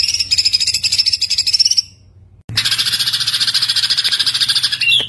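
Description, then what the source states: White-eye trilling: a rapid high pulsed burst, a brief lull, then a longer dense trill, with a low hum beneath. Masteran recording of a white-eye singing gacor (continuous singing), full of tembakan bursts.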